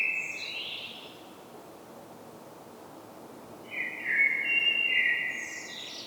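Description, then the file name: Common blackbird song: a short phrase ending in a high squeak, a pause of about three seconds, then a longer warbling phrase rising to thin high notes at the end. "Turdus merula"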